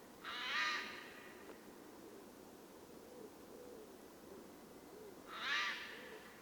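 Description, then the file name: Eurasian jay producing two rasping screech calls about five seconds apart, with faint low warbling sounds in between. "Garrulus glandarius"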